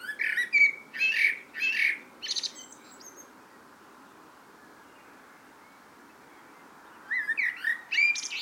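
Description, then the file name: Eurasian blackbird singing a run of rich whistled phrases with scratchy high endings, then a pause of several seconds before further warbling resumes. "Turdus merula"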